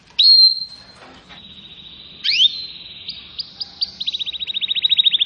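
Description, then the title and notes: Canary song: a sustained high whistle, then a rising sweep, spaced short notes, and a fast trill of repeated high notes building louder at the end. Song recording used as a lure to attract birds. "Pikat Burung Baru. kenari"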